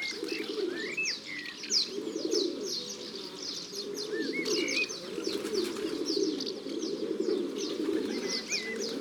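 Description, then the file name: Rock dove cooing: low, bubbling coos overlap in a constant flock chorus, mixed with frequent bright chirping and short upslurred whistles from other birds. Domestic pigeon. "Pigeon domestique biset ABC des chants doiseaux"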